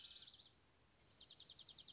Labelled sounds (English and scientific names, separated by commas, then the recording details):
Dark-eyed Junco (Junco hyemalis)
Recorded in Sonoma County, California